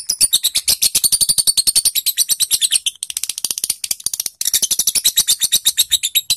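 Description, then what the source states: Lovebird giving a long, rapid, piercing chatter of harsh high chips, with brief breaks where the notes turn thinner before the dense stream returns. Long ngekek (continuous chattering) song, used to train lovebirds.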